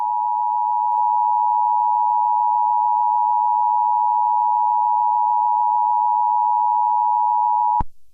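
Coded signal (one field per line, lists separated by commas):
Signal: Emergency Alert System (SAME) tones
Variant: 853 and 960 Hz attention tone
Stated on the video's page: Fictional EAS scenario.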